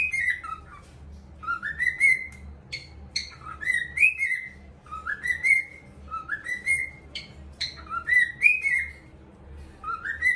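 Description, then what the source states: Cockatiel whistles repeated as a rising-and-falling phrase, over a faint low hum. Song for training a pet cockatiel.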